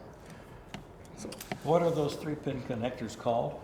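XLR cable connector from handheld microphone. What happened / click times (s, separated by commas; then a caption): The cable connector latch released and the plug came off / 0.7 s. The release button on an XLR cable connector is pressed and the connector is pulled off a handheld microphone, giving a short sharp click at 0.7 s. Someone talks for the rest of the clip. The connector comes free of the microphone.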